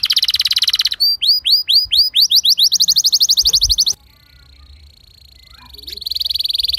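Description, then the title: Canary song opening with a dense buzzing trill, then evenly spaced falling whistles speeding into a fast roll, a pause, and another high rapid trill. Canary with fast, dense chirping song, described as used to lure and train young canaries to learn sounds. "Kenari Gacor Speed RAPAT Cuit Cuit Ngero L Suara Bagus Untuk Pancingan Kenari Paud Belajar Bunyi"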